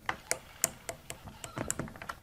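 A ratcheting drill chuck is tightened down onto a drill bit close to the mic, giving a series of sharp clicks at 0.1, 0.3, 0.6, 0.9, 1.6 and 1.7 seconds. The clicking shows the bit is secure and seated all the way down.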